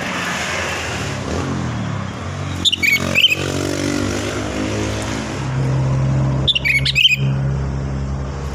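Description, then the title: Sooty-headed bulbul song: two quick phrases of bright chirping notes, partly masked by loud, continuous vehicle noise. "Kutilang"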